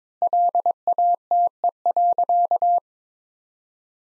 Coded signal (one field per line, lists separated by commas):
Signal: Morse code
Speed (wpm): 22 wpm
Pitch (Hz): 700 Hz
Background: none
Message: LATE.